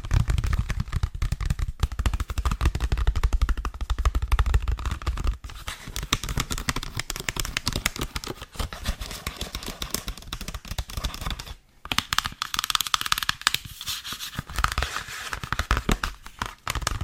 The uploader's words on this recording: ASMR - TAPPING and SCRATCHING on CHOCOLATE (textured).